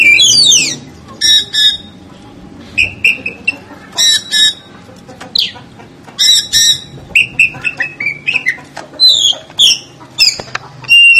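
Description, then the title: Oriental magpie-robin song: loud, varied whistled phrases and rich warbles, with bursts of sweet notes and harsher squeaks spaced by short pauses throughout. "Kacer"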